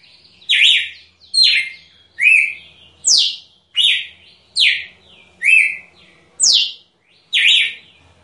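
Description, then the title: Red-cowled cardinal giving sharp, high whistled notes, most sweeping down, repeated about once a second in a steady series. Female; described as the best piado (call note). "Canto Galo Campina Fêmea. Galo de Campina ( MELHOR PIADO )"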